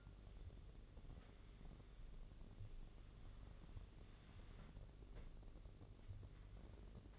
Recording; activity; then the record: daily activity, microphone in the room; wipe stove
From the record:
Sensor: 4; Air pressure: 1013.2 hPa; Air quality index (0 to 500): 176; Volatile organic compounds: 2 ppm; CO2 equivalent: 1108 ppm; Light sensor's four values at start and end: 94/235/97/102 and 93/234/96/101